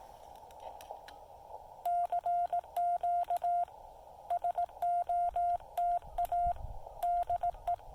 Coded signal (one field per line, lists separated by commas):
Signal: Morse code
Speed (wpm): 18 wpm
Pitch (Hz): 690 Hz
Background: none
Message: CQ SOTA DE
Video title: SOTA activation of Mount Jefferson with the Yaesu FT-817, CHA MPAS Lite and 2.5 watts